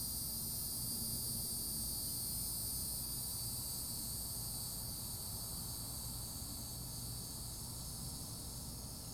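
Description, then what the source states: Cicada song as a sustained shrill hiss-like whine, unchanging throughout, layered over steady low-pitched rumble. Florida.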